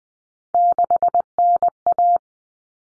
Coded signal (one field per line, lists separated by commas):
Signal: Morse code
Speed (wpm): 20 wpm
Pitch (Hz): 700 Hz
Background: none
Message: 6NA